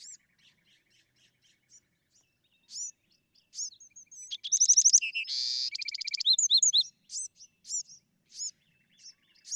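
Bewick's wren: scattered high thin notes build into a loud buzzy rattle and trill, then sharp slurred whistles repeated every half second or so.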